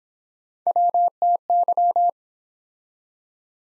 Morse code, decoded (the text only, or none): WTY